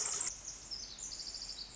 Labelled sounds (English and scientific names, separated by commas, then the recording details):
Pacific Wren (Troglodytes pacificus)
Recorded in Sonoma County, California